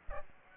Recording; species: mosquito wingbeat signal from an infrared sensor; Aedes aegypti